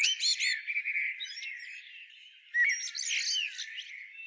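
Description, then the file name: Eurasian blackbird warbling: a few squeaky high notes, a soft fluted passage, then a sudden louder burst of scratchy chattering. "Turdus merula"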